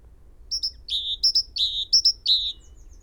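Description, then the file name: Great tit calling: a quick run of phrases, two thin high notes then a fuller lower one, repeated three times in two seconds over quiet low hum. "Parus major"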